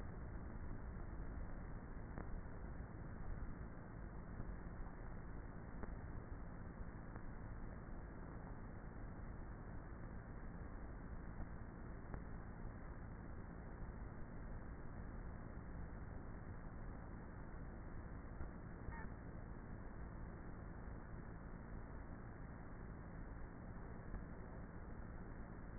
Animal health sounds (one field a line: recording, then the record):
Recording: honeybee colony, microphone inside the hive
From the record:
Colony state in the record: queenless with a low population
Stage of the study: before two queens were removed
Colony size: about 30,000 bees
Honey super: no